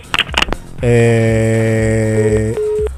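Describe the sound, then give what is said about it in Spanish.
After a few short clicks, a loud, steady electronic telephone tone drones for about two seconds, then drops to a thinner, quieter single tone that holds briefly before cutting off, after a phone call was cut off. “Acá estoy, se cortó el otro teléfono.”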